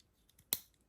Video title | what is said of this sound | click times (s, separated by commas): Unboxing the most innovative knife of 2025!! | Boom, you can hear that little click. | 0.5 s